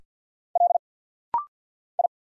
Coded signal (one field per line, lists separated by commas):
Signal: Morse code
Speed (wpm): 48 wpm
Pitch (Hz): 700 Hz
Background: none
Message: L I